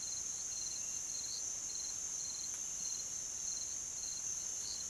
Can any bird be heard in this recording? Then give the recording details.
no. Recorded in pastures near Puerto Asís, Putumayo, Colombia, on 25 June 2025 at 06:00. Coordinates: 0.487, -76.322. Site H26